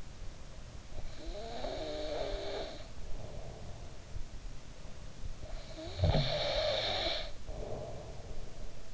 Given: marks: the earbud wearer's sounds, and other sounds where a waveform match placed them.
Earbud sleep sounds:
sounds in sleep by an in-ear microphone; snoring breath
0.98-4.10 s: snoring breath
5.40-8.94 s: snoring breath

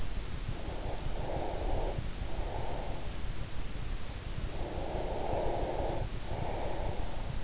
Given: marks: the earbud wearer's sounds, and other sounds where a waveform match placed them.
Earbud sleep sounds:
sounds in sleep by an in-ear microphone; breath
0.56-3.16 s: breath
4.53-7.44 s: breath

